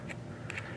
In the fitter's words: put that right on in there click